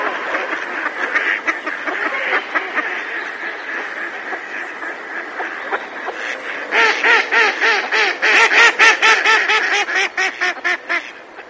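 Mallard quacks, a loose scatter of nasal calls at first, then a rapid, loud series of harsh quacks that gradually slows toward the end.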